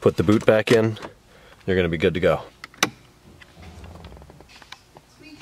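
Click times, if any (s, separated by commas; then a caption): 2.8 s. The manual transmission shift lever on a BMW E39 M5 is lined up over its shifter carrier, taking care not to pinch the wire, and struck from the top. Someone talks at the start; after a softer tap at 2.6 s, a sharp loud hit at 2.8 s clicks the lever into place in the carrier, followed by faint handling noises.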